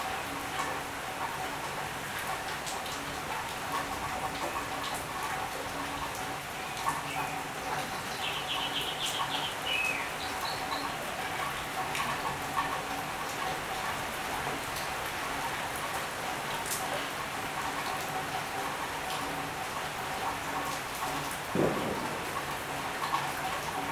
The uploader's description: rain in different cities: Tigre (Argentina), Madrid (Spain), Buenos Aires (Argentina) and Berlin (Germany)